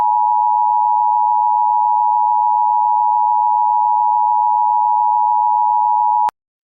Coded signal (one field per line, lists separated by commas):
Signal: Emergency Alert System (SAME) tones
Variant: 853 and 960 Hz attention tone